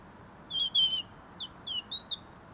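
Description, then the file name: European robin delivering a rapid string of high, thin whistles, some gliding down and the last sweeping upward, with faint low noise. "Erithacus rubecula"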